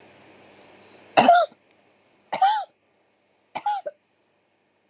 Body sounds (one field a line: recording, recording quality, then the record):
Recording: heavy voluntary cough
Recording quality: excellent, no background noise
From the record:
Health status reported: recovered from COVID-19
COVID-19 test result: negative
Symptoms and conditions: none ticked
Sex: female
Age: 57 years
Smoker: not ticked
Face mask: not worn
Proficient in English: yes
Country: India